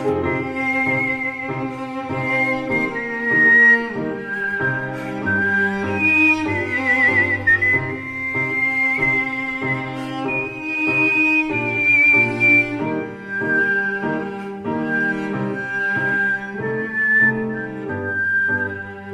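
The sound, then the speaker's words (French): A whistling sextet performs Franz Peter Schubert's Andante con moto together, a bright sustained melody floating above fuller harmonizing lines, steady and moderately loud throughout with no talking. “Comme dans l'Andante con moto de Franz Peter Schubert, interprété par le sextuor du siffleur.”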